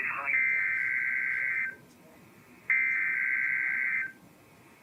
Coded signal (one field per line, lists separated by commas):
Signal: Emergency Alert System (SAME) tones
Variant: header bursts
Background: speech